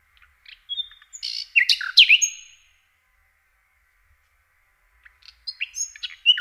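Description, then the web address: Common nightingale singing two varied phrases of chirps, whistles and sweeping notes, separated by a silent pause of about two and a half seconds. "Przyroda Ptaki Slowik rdzawy"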